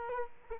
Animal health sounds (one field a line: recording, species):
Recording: mosquito wingbeat signal from an infrared sensor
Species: Culex quinquefasciatus